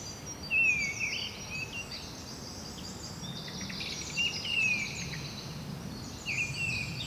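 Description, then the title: Birds, a few descending whistles with softer high twittering between them. Bird ambience at Rue du Rossignol, Seneffe, Belgium; recorded with Sony PCM-D100 internal microphones. "Rue du Rossignol 7, 7180 Seneffe, Belgique - Birds ambience"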